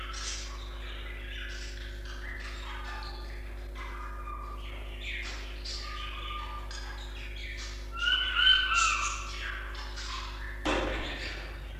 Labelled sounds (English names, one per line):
Budgerigar call